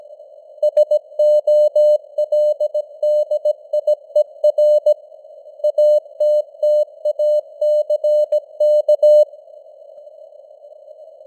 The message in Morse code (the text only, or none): SOLDIER ATTACK